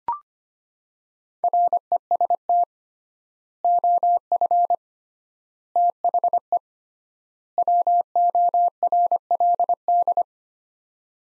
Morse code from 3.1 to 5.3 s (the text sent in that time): OF